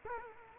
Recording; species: mosquito wingbeat signal from an infrared sensor; Culex quinquefasciatus